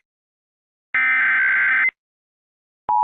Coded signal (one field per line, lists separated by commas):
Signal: Emergency Alert System (SAME) tones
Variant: header bursts